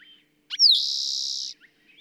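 Bird song: a sweeping whistle leads into a long, bright, buzzy trill held for nearly a second, with soft chirps before and after.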